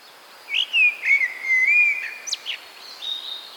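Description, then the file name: Common blackbird song: a mellow whistled warbling phrase, sliding gently in pitch, then a thin, high squeaky flourish, followed by softer fading notes. "Turdus merula"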